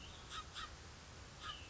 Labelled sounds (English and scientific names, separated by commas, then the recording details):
Cassin's Vireo (Vireo cassinii)
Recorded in Sonoma County, California